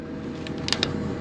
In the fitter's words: there that one clicks like a click click there